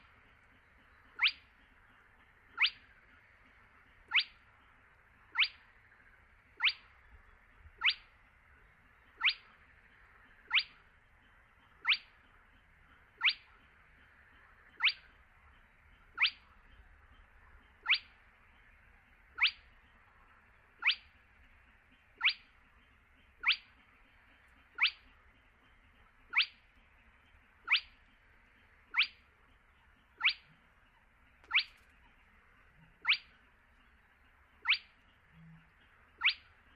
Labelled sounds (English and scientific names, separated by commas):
Spotted Crake (Porzana porzana)